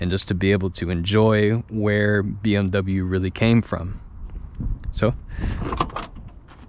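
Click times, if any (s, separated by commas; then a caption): 6.0 s. Someone talks, then the metal door latch in the door frame of a classic BMW 2002 car is opened, releasing with a sharp, satisfying click at 6.0 s. The latch clicks open and the door is released.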